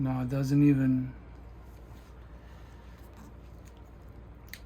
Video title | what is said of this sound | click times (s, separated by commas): Rotary tattoo kit up close unboxing | Well, this clicks into place. | 4.5 s